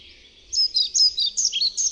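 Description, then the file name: European pied flycatcher giving a rapid series of high, sweet, clipped notes that waver in pitch, following a brief quiet opening. "MUCHOLOWKAZALOBNA"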